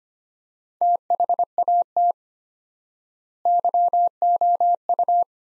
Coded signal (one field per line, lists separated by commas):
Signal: Morse code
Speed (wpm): 25 wpm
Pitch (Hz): 700 Hz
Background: none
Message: THAT YOU